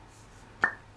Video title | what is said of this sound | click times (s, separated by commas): Atlas Stationers NEXY Box (Mystery and Surprises!) @atlasstationers1939 | Oh, did you hear it pop? | 0.6 s